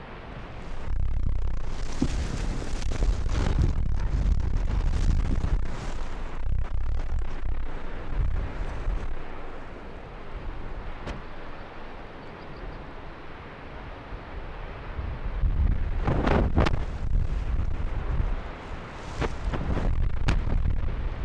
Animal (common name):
Arctic Fox